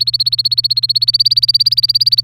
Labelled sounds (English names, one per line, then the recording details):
Domestic Canary song
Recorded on 3 May 2018 at 10:20
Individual llb3